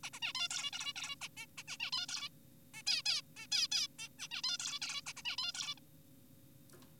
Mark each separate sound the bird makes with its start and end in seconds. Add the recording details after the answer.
0.03-0.10, 0.13-0.20, 0.22-0.33, 0.35-0.48, 0.51-0.71, 0.73-0.93, 0.96-1.15, 1.21-1.28, 1.37-1.46, 1.58-1.63, 1.68-1.77, 1.80-1.91, 1.93-2.07, 2.09-2.29, 2.74-2.83, 2.87-3.02, 3.06-3.21, 3.37-3.47, 3.52-3.67, 3.72-3.87, 3.99-4.09, 4.19-4.28, 4.31-4.42, 4.44-4.57, 4.60-4.79, 4.82-5.01, 5.07-5.13, 5.17-5.22, 5.25-5.36, 5.38-5.52, 5.55-5.75, 5.78-5.80. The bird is an adult. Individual g4p5U